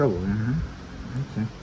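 A plastic wiring connector for a Rove R2-RK Dual dash cam power lead is handled at a motorcycle's auxiliary plug while someone talks. Nothing has seated or clicked yet.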